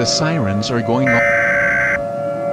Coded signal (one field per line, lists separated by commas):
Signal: Emergency Alert System (SAME) tones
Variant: header bursts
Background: speech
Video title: EAS Scenario: Late 4th of July Day Special: Independence Day Nightmare